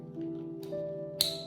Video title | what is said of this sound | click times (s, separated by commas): Sensory Backpack Small by Varna Veeramani | You push it into the hole here until you hear the click. | 1.2 s